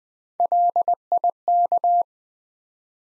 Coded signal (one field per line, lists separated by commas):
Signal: Morse code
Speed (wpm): 20 wpm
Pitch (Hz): 700 Hz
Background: none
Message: LIK